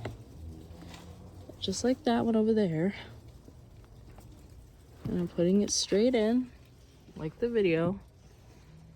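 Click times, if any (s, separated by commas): none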